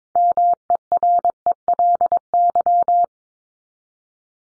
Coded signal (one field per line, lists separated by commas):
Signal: Morse code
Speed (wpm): 22 wpm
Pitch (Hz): 700 Hz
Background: none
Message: MERELY